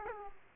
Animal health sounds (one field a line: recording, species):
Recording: mosquito wingbeat signal from an infrared sensor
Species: Aedes aegypti